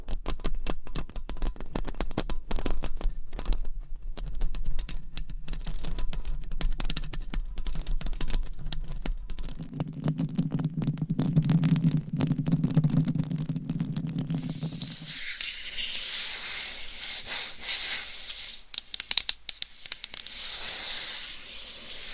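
Close scratching on a microphone cover with nails, a dense, crackly stream of rapid scrapes throughout. Midway the texture shifts to a lower, fuller rubbing hum for several seconds, then after about fifteen seconds becomes a bright, hissy scratching with sharp bursts.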